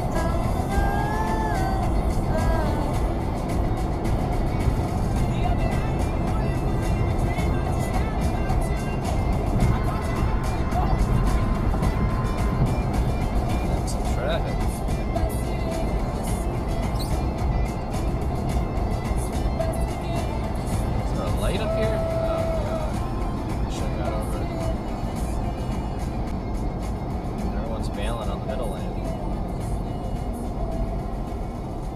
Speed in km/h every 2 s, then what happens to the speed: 114, 114, 114, 116, 114, 113, 111, 109, 108, 108, 106, 105, 92, 82, 77, 71.
0-19 steady at about 113. 19-32 slows to 71.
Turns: none.